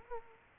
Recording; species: mosquito wingbeat signal from an infrared sensor; Culex quinquefasciatus